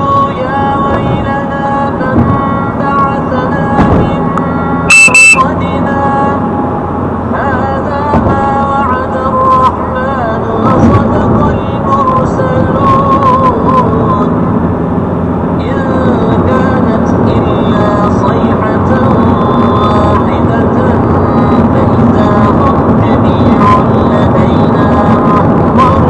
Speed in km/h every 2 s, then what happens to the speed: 85, 85, 79, 76, 79, 86, 87, 90, 92, 94, 96, 99, 100.
0-7 slows to 76. 7-26 speeds up to 100.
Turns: none.